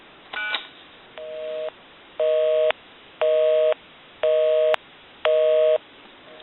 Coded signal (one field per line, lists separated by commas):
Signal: telephone call progress tone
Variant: North America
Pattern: busy tone